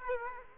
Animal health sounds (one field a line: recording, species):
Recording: mosquito wingbeat signal from an infrared sensor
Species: Aedes aegypti